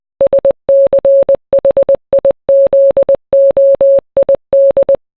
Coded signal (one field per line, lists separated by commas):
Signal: Morse code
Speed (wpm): 20 wpm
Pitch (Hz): 550 Hz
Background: none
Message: SCHIZOID